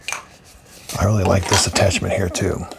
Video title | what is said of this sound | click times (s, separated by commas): Fanttik Slim V8 Apex Cordless Car Vacuum REVIEW 3 Reasons to Buy | rotate till it clicks really easy to operate | 0.1 s